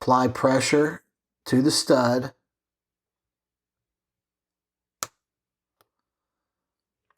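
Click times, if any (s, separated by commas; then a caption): 5.0 s. A small metal hairspring stud is slowly pressed with the left index finger into the stud carrier of an Etachron watch regulator, with tweezers held at a 90-degree angle. Someone talks for the first couple of seconds, then after a silence a single sharp click at 5.0 s marks the stud snapping into position, followed by two faint ticks. The stud is seated and secured in the carrier.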